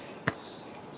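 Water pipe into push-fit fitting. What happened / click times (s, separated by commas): Push-fit pipe fitting clicked home / 0.3 s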